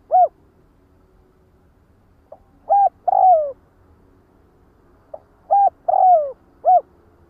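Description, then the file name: Spotted dove calls: a soft lead-in note, a short coo and a longer falling croon, sometimes followed by another short coo, the phrase repeated about every three seconds. Calling the flock. "Tieng cu dat goi bay"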